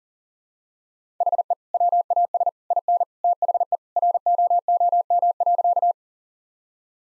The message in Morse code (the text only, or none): HE WAS IN THE ROOM.